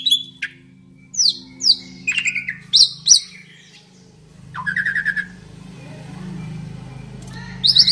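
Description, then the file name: Asian pied starling song: clear downslurred whistles in quick succession, then a buzzy chattering burst and a rushing noisy stretch before more whistles. Singing described as gacor; Indonesian name jalak suren. "suara burung jalak suren gacor"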